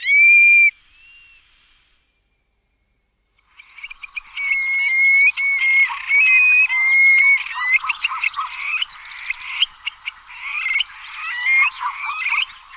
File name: canto da alcaravao comum